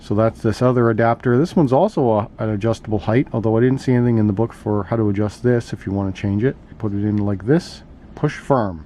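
Someone talks throughout while handling a plastic adjustable-height adapter, positioning it to be pressed firmly into the transmission differential housing of a TLR 22 5.0 Elite RC buggy because it is a tight fit. The adapter has not seated or snapped into place yet, and no click is heard by the end.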